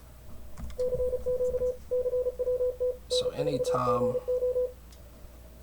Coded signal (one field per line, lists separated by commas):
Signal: Morse code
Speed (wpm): 33 wpm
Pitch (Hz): 500 Hz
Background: speech, radio noise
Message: CQ CWT N4GO